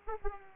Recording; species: mosquito wingbeat signal from an infrared sensor; Aedes aegypti